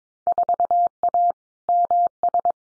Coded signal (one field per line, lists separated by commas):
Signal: Morse code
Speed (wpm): 22 wpm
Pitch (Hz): 700 Hz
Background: none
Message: 4A MS